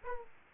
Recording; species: mosquito wingbeat signal from an infrared sensor; Aedes aegypti